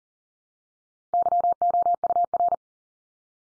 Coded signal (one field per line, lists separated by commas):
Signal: Morse code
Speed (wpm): 40 wpm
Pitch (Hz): 700 Hz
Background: none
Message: YOUR